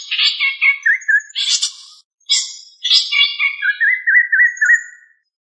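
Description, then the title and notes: Bird song: varied phrases of harsh chatters and squawky notes broken by a short pause, then a wavering whistled trill sliding along at mid pitch. Bird songs from Indonesia. "Kicau Burung Indonesia"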